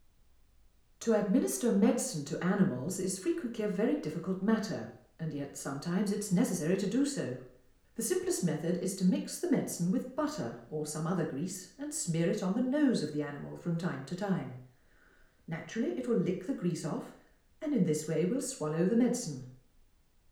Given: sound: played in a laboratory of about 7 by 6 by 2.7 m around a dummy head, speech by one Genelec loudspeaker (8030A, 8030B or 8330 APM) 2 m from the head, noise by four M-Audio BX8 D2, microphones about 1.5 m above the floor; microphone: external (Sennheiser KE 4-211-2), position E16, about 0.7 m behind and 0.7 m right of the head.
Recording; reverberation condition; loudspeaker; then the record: female speech in English; medium; 150 degrees to the left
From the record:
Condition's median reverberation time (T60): about 510 ms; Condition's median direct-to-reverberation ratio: about -0.5 dB